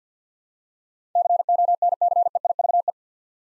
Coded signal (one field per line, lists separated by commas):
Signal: Morse code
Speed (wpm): 50 wpm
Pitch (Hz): 700 Hz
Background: none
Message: CONCEIVE